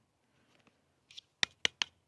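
During disassembly of a compact pistol, a small spring-loaded part with a tiny spring is pushed back into the steel/polymer frame. A few faint ticks and a soft scrape come first, then three sharp, loud metallic clicks at 1.4, 1.7 and 1.8 seconds. The part is seated back in place.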